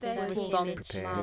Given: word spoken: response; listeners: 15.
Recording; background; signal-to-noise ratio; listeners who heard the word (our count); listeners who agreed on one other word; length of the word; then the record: one English word in noise, from a listening test; four-talker babble; -0.2 dB; 2 of 15; 6 of 15; 0.83 s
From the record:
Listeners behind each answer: 6, 4, 2, 1, 1, 1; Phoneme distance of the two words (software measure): 54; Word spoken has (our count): 2 syllables, 7 phonemes, stress on syllable 2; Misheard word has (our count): 2 syllables, 5 phonemes, stress on syllable 1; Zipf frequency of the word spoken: 4.69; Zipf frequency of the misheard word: 2.91